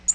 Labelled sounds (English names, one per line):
Tennessee Warbler flight call